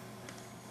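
A small 3M UB2A insulation-displacement crimp connector is snapped onto the sensor wire for the 1-Wire bus. A brief, sharp snap is heard at 0.3 s over a steady background hum, and the connector is seated on the wire.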